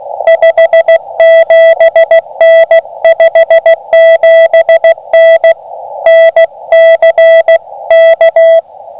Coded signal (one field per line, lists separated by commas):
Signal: Morse code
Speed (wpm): 15 wpm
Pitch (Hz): 690 Hz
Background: none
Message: 57N 57N NC K